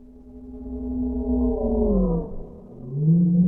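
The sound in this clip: Whale moan, a long harmonic tone that climbs gently, then drops and breaks into a lower, rising call.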